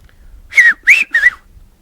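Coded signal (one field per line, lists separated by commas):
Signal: whistled language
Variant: Silbo herreño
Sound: three quick pitch-gliding whistle syllables, the middle one rising highest, in quiet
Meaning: The whistled word means a scale model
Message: maqueta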